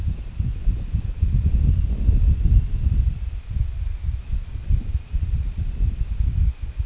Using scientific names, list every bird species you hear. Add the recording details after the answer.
none. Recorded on Arctic tundra, site IGLO-D, on 25 June 2018. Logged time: 08:00